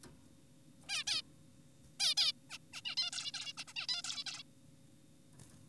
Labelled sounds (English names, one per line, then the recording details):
Zebra Finch
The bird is an adult
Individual g4p5U